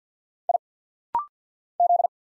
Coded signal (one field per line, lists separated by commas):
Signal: Morse code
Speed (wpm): 48 wpm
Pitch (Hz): 700 Hz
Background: none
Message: I Z